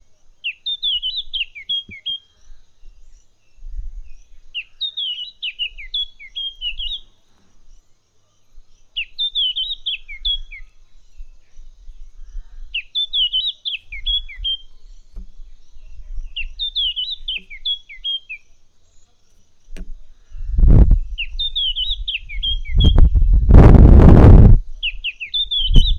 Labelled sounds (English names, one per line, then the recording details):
Red-backed Scrub-Robin
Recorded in northern Uganda